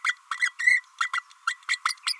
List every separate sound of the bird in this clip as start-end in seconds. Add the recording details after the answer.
0.04-0.15, 0.39-0.52, 0.59-0.81, 1.00-1.11, 1.13-1.22, 1.47-1.57, 1.68-1.79, 1.85-1.96, 2.06-2.14. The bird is a female. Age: 30 days. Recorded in a nest box in Venezuela. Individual 17B32A5